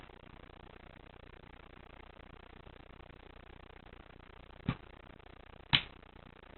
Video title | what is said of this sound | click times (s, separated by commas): Field Activities No Tools Glock Takedown Part 2 of 2 | once you get that piece seated you should feel it click you should be able to depress the button here for | 5.8 s